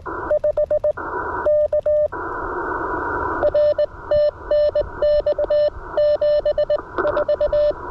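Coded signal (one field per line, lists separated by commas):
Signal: Morse code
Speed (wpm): 19 wpm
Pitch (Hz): 600 Hz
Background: radio noise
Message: 5 K R TNX 7 4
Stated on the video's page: Portable Remembrance Day Contest CW at 18 WPM, Icom IC-705 on battery, twin paddle key, EFHW antenna; exchange of report and years licensed.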